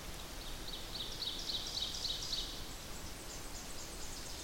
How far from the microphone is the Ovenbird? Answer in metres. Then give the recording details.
about 65 m. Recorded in boreal forest in Alberta, Canada, on 8 June 2016 at 08:41. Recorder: SongMeter 3, array SBT-3-9. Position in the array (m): 51 m, 111 m. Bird 33